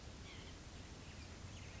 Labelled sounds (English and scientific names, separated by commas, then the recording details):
White-breasted Nuthatch (Sitta carolinensis)
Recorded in Sonoma County, California